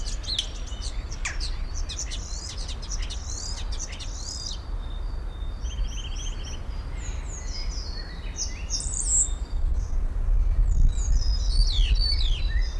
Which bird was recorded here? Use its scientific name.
Sturnus vulgaris